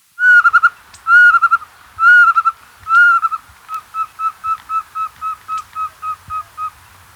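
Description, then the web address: Andean pygmy owl sound: four louder phrases of longer, stuttering whistled notes, followed by a run of evenly spaced short hollow toots. Ecuador, South America. "Natures Songs S America Birds of Ecuador Andean Pygmy Owl"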